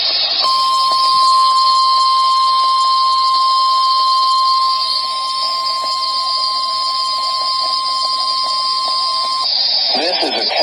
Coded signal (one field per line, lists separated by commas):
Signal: Emergency Alert System (SAME) tones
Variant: 1050 Hz attention tone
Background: speech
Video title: Required Weekly Tests On WXL46, & KDO89 [EAS #367 - 368]